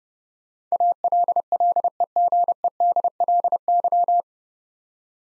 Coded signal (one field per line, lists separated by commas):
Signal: Morse code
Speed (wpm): 28 wpm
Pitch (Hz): 700 Hz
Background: none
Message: ALLEGEDLY